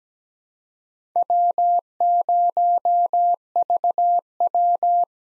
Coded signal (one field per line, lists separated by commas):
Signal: Morse code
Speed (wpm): 17 wpm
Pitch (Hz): 700 Hz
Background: none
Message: W0VW